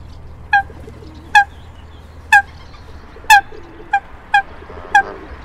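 Coot giving seven loud, clipped, nasal notes at irregular intervals, about one per second, each abrupt and evenly pitched.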